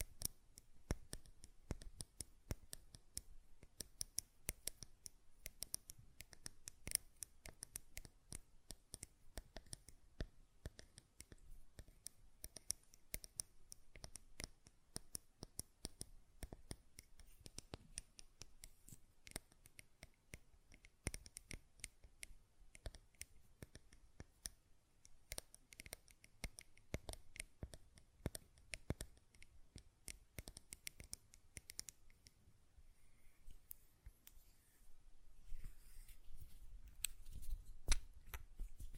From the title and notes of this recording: ASMR Glass Perfume Bottle Tapping & Lid Sounds (No Talking).